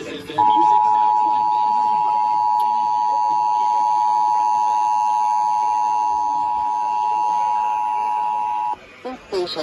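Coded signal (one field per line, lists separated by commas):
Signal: Emergency Alert System (SAME) tones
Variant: 853 and 960 Hz attention tone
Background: speech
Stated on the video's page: Illinois required monthly test aired on an FM station.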